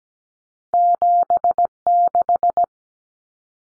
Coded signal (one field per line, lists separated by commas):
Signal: Morse code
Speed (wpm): 17 wpm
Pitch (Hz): 700 Hz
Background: none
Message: 76